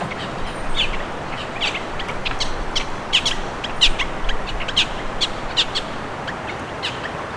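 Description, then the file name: Bird chirps: short sharp notes repeated irregularly throughout, over a steady low rumble of background noise. "SABIOD 50 bird 2015"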